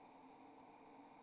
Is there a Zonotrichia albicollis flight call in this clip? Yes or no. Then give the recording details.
yes. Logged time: 05:31 on 28 November 2014